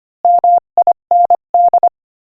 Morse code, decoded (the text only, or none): MIND